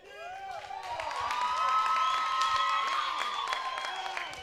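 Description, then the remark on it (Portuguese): An audience shouts and cheers, many voices whooping and calling over one another with scattered clapping, rising quickly to a loud, sustained roar that holds steady for several seconds. “Gritem bem, então.”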